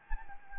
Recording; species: mosquito wingbeat signal from an infrared sensor; Anopheles gambiae